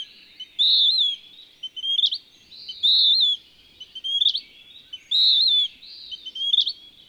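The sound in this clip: Bird song repeated three times: a bright, level whistle with a slight warble, then a rougher chatter capped by a sharp upslurred note, evenly paced.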